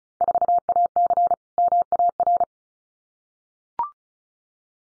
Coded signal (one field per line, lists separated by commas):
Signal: Morse code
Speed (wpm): 34 wpm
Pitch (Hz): 700 Hz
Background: none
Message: 4AC MAR